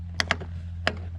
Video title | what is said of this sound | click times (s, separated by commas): How To Upgrade Your F150 Tag Lights - 2015 - 2020 F150 LED Platinum Tag Bulbs | until you hear it click in it's | 0.2 s, 0.9 s